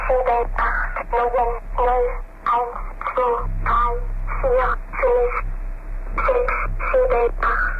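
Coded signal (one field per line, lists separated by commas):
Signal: numbers station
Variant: Swedish Rhapsody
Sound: a high, childlike voice reads short evenly spaced words over a muffled radio channel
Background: mains hum, radio static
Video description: The numbers station featured in this is called The Swedish Rhapsody.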